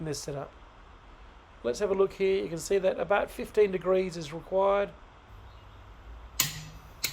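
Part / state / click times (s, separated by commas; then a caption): click-type torque wrench on a car wheel nut / torque reached / 6.4 s. Someone talks while a click-type torque wrench is pulled about 15 degrees on a car wheel nut. The wrench clicks sharply at 6.4 s, confirming it has reached the set torque, and a second short sharp sound follows at 7.0 s.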